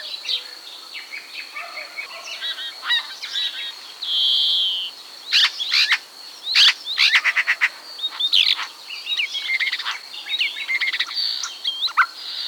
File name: bioakusztika seregely